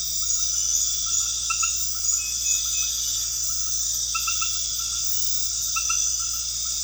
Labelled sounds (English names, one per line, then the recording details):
none
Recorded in pastures near Puerto Asís, Putumayo, Colombia, on 8 March 2025 at 22:00
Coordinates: 0.502, -76.324
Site GP07